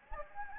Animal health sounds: mosquito wingbeat signal from an infrared sensor; Anopheles gambiae

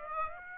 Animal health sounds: mosquito wingbeat signal from an infrared sensor; Aedes aegypti

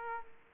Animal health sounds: mosquito wingbeat signal from an infrared sensor; Aedes aegypti

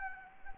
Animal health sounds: mosquito wingbeat signal from an infrared sensor; Anopheles gambiae

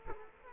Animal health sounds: mosquito wingbeat signal from an infrared sensor; Culex quinquefasciatus

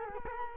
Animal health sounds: mosquito wingbeat signal from an infrared sensor; Culex quinquefasciatus

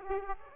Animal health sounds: mosquito wingbeat signal from an infrared sensor; Aedes aegypti

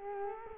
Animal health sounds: mosquito wingbeat signal from an infrared sensor; Culex quinquefasciatus

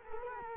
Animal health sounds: mosquito wingbeat signal from an infrared sensor; Culex quinquefasciatus

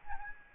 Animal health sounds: mosquito wingbeat signal from an infrared sensor; Aedes albopictus

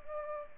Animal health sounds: mosquito wingbeat signal from an infrared sensor; Culex pipiens

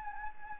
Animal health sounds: mosquito wingbeat signal from an infrared sensor; Anopheles gambiae

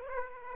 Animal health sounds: mosquito wingbeat signal from an infrared sensor; Aedes aegypti

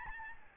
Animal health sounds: mosquito wingbeat signal from an infrared sensor; Aedes albopictus

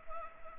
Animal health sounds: mosquito wingbeat signal from an infrared sensor; Culex pipiens

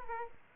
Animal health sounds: mosquito wingbeat signal from an infrared sensor; Aedes aegypti

